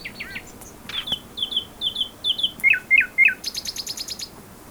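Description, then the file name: Common nightingale song: quick changing phrases of repeated notes, a trio of rising chirps, then a burst of high ticking clicks. "Luscinia megarhynchos"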